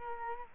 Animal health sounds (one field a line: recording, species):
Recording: mosquito wingbeat signal from an infrared sensor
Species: Culex quinquefasciatus